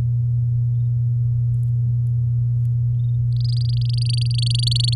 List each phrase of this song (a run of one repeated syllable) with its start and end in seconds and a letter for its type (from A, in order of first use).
3.32-4.94 A